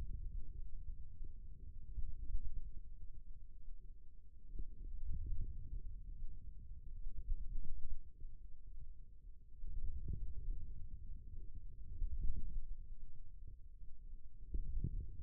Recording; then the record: forearm muscle sounds (acoustic myography)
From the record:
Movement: wrist extension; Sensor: system 2, bracelet of six BSWA MPA416 microphones around the upper forearm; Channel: 3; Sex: male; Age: 22 years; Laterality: right